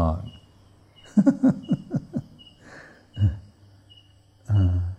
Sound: laughing